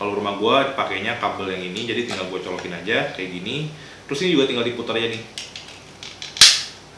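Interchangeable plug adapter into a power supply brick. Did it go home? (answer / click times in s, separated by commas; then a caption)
yes / 6.4 s. Someone talks while an interchangeable plug adapter is pushed into the power supply brick of a Mi Lightstrip 1S and twisted, with a few small handling taps just before. A sharp, loud click at 6.4 s marks the plug locking into place.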